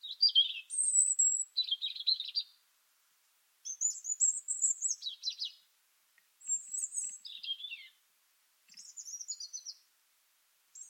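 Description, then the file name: European robin with high, liquid phrases: a thin sustained whistle, then tumbling twitters and descending warbles, separated by pauses. "Erithacus rubecula"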